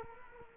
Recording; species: mosquito wingbeat signal from an infrared sensor; Culex quinquefasciatus